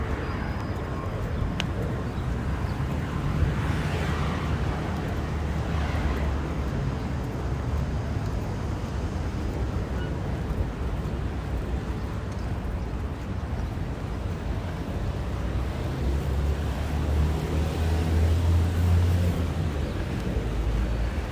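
A bus or metro ride with a steady low engine rumble throughout, a deeper hum swelling around eighteen seconds, and faint rattles above.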